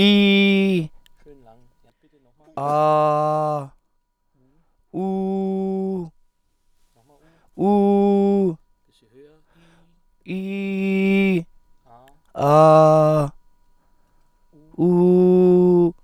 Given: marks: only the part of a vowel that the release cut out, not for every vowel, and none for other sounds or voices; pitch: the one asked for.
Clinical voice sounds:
sustained vowels; male; 40 to 49 years; 0; 0; 0
0.00-0.75 s: vowel /i/, normal pitch
2.91-3.55 s: vowel /a/, normal pitch
5.00-5.99 s: vowel /u/, normal pitch
10.32-11.30 s: vowel /i/, high pitch
12.41-13.23 s: vowel /a/, high pitch
14.89-15.80 s: vowel /u/, high pitch
From the record:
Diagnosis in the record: healthy voice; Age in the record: 40 years

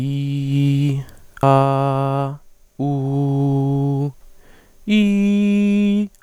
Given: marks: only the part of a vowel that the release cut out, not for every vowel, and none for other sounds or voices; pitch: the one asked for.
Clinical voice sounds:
sustained vowels; male; 20 to 29 years; 0; 0; 0
0.00-0.90 s: vowel /i/, normal pitch
1.51-2.27 s: vowel /a/, normal pitch
2.91-3.99 s: vowel /u/, normal pitch
5.01-5.95 s: vowel /i/, high pitch
From the record:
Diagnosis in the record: healthy voice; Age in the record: 20 years

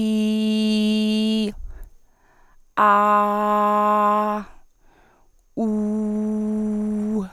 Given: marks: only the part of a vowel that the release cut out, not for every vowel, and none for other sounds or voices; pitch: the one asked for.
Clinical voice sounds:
sustained vowels; female; 50 to 59 years; 1; 1; 1
0.00-1.38 s: vowel /i/, normal pitch
3.17-4.26 s: vowel /a/, normal pitch
6.20-7.10 s: vowel /u/, normal pitch
From the record:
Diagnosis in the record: dysphonia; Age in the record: 59 years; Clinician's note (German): Leichte funktionelle

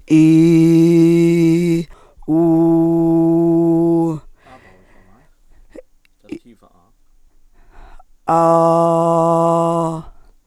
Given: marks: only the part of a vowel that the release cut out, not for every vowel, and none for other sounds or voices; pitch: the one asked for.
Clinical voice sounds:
sustained vowels; female; 50 to 59 years; 2; 1; 2
0.22-1.58 s: vowel /i/, low pitch
2.43-3.92 s: vowel /u/, low pitch
8.38-9.76 s: vowel /a/, low pitch
From the record:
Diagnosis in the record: functional dysphonia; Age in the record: 58 years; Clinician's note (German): Leichte funktionelle Dysphonie

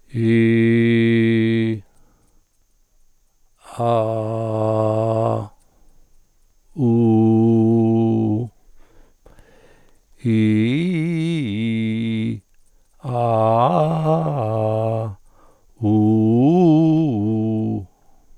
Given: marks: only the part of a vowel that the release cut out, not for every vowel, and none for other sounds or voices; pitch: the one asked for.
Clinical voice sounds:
sustained vowels; male; 60 to 69 years; 2; 2; 0
0.52-1.45 s: vowel /i/, low pitch
4.07-5.09 s: vowel /a/, low pitch
6.99-8.20 s: vowel /u/, low pitch
10.44-12.20 s: vowel /i/, low-high-low pitch
13.33-14.91 s: vowel /a/, low-high-low pitch
15.98-17.64 s: vowel /u/, low-high-low pitch
From the record:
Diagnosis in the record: contact pachydermia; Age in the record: 63 years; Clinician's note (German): Kontaktpachydermie ohne "Kontaktpachydermie", leicht hypoton

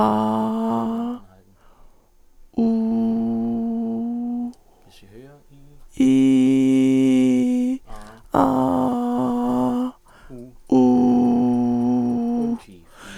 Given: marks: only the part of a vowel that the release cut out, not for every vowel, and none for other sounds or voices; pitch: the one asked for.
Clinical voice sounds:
sustained vowels; female; 60 to 69 years; 2; 1; 2
0.00-0.83 s: vowel /a/, normal pitch
3.45-4.31 s: vowel /u/, normal pitch
6.12-7.18 s: vowel /i/, high pitch
8.46-9.21 s: vowel /a/, high pitch
10.75-12.35 s: vowel /u/, high pitch
From the record:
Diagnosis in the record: vallecular cyst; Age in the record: 62 years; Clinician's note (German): Links, Stimmlippen zeigen unauffälliges Schwingungsbild

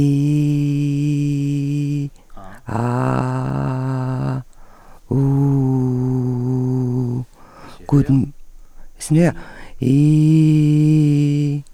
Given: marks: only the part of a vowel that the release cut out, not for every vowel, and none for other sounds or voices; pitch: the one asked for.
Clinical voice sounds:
sustained vowels; female; 50 to 59 years; 2; 1; 2
0.00-1.84 s: vowel /i/, normal pitch
2.90-4.18 s: vowel /a/, normal pitch
5.25-6.92 s: vowel /u/, normal pitch
9.93-11.47 s: vowel /i/, high pitch
From the record:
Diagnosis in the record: recurrent laryngeal nerve paralysis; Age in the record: 50 years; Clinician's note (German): Frische (8 Tage alt) links ohne Kompensation

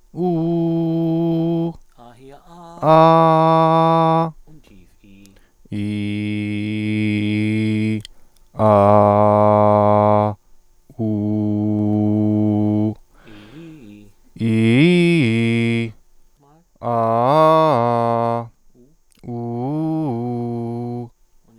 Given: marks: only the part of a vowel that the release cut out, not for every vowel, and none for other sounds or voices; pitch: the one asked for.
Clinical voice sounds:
sustained vowels; male; 30 to 39 years; 0; 0; 0
0.36-1.61 s: vowel /u/, high pitch
3.08-4.18 s: vowel /a/, high pitch
5.87-7.79 s: vowel /i/, low pitch
8.91-10.21 s: vowel /a/, low pitch
11.07-12.82 s: vowel /u/, low pitch
14.45-15.76 s: vowel /i/, low-high-low pitch
16.90-18.33 s: vowel /a/, low-high-low pitch
19.34-20.96 s: vowel /u/, low-high-low pitch
From the record:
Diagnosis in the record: healthy voice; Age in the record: 32 years

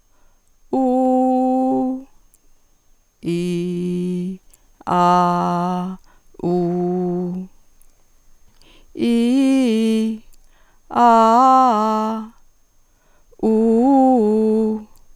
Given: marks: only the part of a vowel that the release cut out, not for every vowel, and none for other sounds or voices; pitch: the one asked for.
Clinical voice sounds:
sustained vowels; female; 60 to 69 years; 0; 0; 0
0.78-1.83 s: vowel /u/, high pitch
3.30-4.23 s: vowel /i/, low pitch
4.93-5.78 s: vowel /a/, low pitch
6.48-7.27 s: vowel /u/, low pitch
9.05-10.03 s: vowel /i/, low-high-low pitch
11.02-12.10 s: vowel /a/, low-high-low pitch
13.48-14.67 s: vowel /u/, low-high-low pitch
From the record:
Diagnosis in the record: functional dysphonia, dysodia (singing voice disorder); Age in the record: 60 years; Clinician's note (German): Mit Trend zur Hyperfunktion

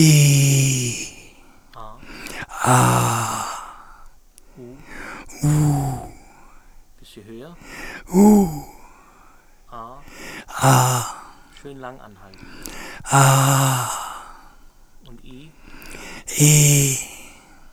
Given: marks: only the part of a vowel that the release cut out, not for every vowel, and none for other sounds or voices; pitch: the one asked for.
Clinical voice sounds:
sustained vowels; male; 60 to 69 years; 3; 3; 3
0.00-0.73 s: vowel /i/, normal pitch
2.70-3.21 s: vowel /a/, normal pitch
5.47-5.97 s: vowel /u/, normal pitch
8.15-8.65 s: vowel /u/, high pitch
13.15-13.79 s: vowel /a/, high pitch
16.49-17.00 s: vowel /i/, high pitch
From the record:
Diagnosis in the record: recurrent laryngeal nerve paralysis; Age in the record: 66 years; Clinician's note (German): Frischer Zustand nach beidseitiger laserchirurgischer Erweiterung der Glottis

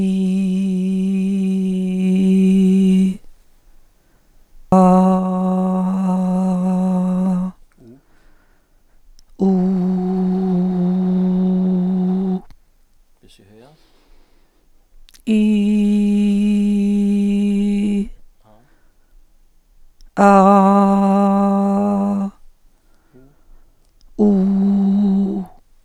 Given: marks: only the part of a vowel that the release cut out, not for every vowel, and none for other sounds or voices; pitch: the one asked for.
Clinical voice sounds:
sustained vowels; female; 50 to 59 years; 2; 0; 2
0.00-1.92 s: vowel /i/, normal pitch
5.30-7.25 s: vowel /a/, normal pitch
9.95-11.90 s: vowel /u/, normal pitch
15.45-17.82 s: vowel /i/, high pitch
20.46-21.88 s: vowel /a/, high pitch
24.28-25.24 s: vowel /u/, high pitch
From the record:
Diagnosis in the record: psychogenic dysphonia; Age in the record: 58 years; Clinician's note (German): Zustand nach Abtragung mit Narbenbildung

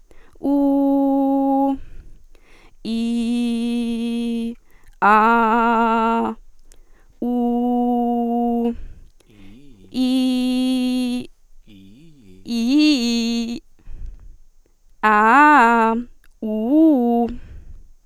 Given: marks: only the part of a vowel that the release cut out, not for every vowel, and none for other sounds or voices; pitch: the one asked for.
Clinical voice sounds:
sustained vowels; female; 20 to 29 years; 0; 0; 0
0.53-1.65 s: vowel /u/, high pitch
2.96-4.41 s: vowel /i/, low pitch
5.10-6.24 s: vowel /a/, low pitch
7.31-8.61 s: vowel /u/, low pitch
12.55-13.52 s: vowel /i/, low-high-low pitch
15.40-15.93 s: vowel /a/, low-high-low pitch
16.48-17.21 s: vowel /u/, low-high-low pitch
From the record:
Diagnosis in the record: healthy voice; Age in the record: 20 years

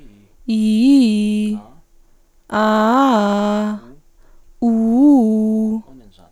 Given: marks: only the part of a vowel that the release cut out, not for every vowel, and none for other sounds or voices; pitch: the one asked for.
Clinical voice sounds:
sustained vowels; female; 20 to 29 years; 0; 0; 0
0.55-1.47 s: vowel /i/, low-high-low pitch
2.57-3.67 s: vowel /a/, low-high-low pitch
4.68-5.69 s: vowel /u/, low-high-low pitch
From the record:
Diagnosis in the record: healthy voice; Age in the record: 26 years

